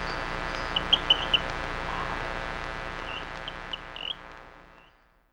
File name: Rio Grande Chirping Frog Syrrhophus